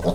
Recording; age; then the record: pig call; piglet (1 to 25 days)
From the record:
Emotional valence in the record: positive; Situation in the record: reunion after long isolation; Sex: male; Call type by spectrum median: low-frequency call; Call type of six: low-frequency tonal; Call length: 0.15 s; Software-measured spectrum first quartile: 164 Hz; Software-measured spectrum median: 404 Hz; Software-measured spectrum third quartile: 669 Hz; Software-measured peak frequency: 599 Hz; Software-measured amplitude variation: 137 dB a second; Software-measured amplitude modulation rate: 13.5 a second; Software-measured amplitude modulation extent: 10.2 dB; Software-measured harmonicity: 1.5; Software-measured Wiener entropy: -0.71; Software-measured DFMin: 570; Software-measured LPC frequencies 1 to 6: 587, 3634, 4912, 6477, 7893, 8633 Hz